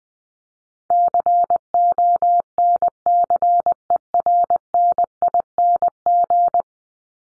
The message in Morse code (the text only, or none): CONCERNING